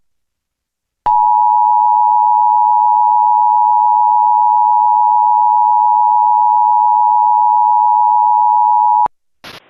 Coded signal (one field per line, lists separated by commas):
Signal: Emergency Alert System (SAME) tones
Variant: 853 and 960 Hz attention tone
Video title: EAS Reenactment Mock: Tornado Warning for Eau Claire County, WI (Black DASDEC Screen) - 07/14/2020